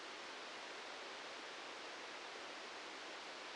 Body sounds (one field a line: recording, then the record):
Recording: brain microelectrode recording played as sound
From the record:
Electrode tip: outside the subthalamic nucleus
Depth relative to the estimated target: 3 mm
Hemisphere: left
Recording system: NeuroSet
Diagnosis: Parkinson's disease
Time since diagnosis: 10 years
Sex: male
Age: 56 years